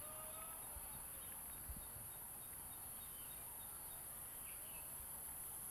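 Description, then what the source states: Cicada (Platypleura brunea): cicada singing a constant shrill buzz at very high pitch without pause, joined by faint whistled chirps and low background rumble. Recorded at Queenstown, Eastern Cape, South Africa.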